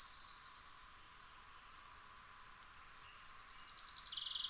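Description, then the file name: Common firecrest: one burst of very high, thin, rapidly repeated notes, then quiet before softer, lower twittering. "Fiorrancino"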